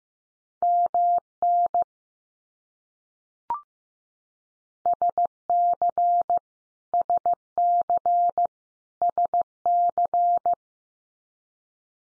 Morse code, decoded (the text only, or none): MN SC SC SC